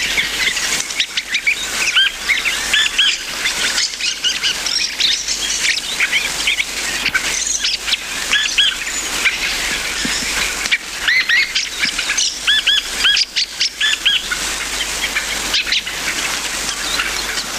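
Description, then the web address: Dusky thrush calls: many short, hooked, squeaky chirps overlapping in a busy chatter throughout, over steady background noise. "sikioto birds tsugugi"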